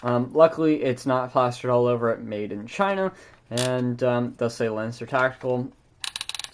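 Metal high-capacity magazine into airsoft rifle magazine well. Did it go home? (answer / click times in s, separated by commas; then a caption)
yes / 6.0 s. Someone talks until about 5.7 s, then a metal high-capacity magazine is fitted into the magazine well of a Lancer Tactical LT04T Gen 2 airsoft rifle. A sharp click at 6.0 s is followed by quieter clicks at about 6.2, 6.3 and 6.4 s, and the magazine is seated with a satisfying click.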